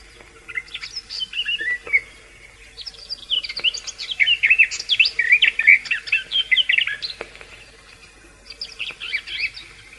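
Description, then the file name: Garden warbler song: a short phrase, then a longer, louder hurried warble of varied notes, then a pause before another short burst. "slavka sadovaja"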